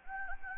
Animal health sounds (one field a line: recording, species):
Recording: mosquito wingbeat signal from an infrared sensor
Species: Anopheles gambiae